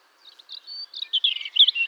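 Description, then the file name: European robin song phrase, a quick string of high thin warbled notes and twittering trills, rising in loudness toward the end of the two seconds. "Erithacus rubecula"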